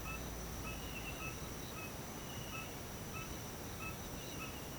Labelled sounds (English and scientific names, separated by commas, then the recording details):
none
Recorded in pastures near Puerto Asís, Putumayo, Colombia, on 21 March 2025 at 06:00
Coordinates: 0.486, -76.323
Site G075